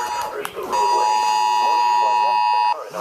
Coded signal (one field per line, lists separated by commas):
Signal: Emergency Alert System (SAME) tones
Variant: 853 and 960 Hz attention tone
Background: speech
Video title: Flash Flood Warning for MY COUNTY on NWR and 2 iPhones!!! (EAS #1,240)